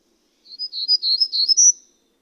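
Bird song: a quick run of high chirps and twittering notes lasting about one and a half seconds, with no other sounds audible.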